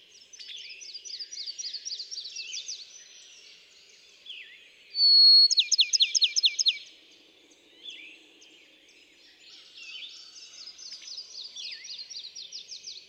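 Bachman's sparrow song: a sustained whistled note, then a slower run of sharp trilled notes, with softer trilled phrases before and after.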